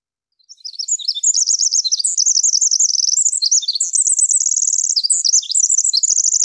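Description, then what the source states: Winter wren song: a long, rapid, high-pitched cascade of tinkling trills and twittering notes, running continuously for about six seconds without pause. Song at normal speed, played from a recording.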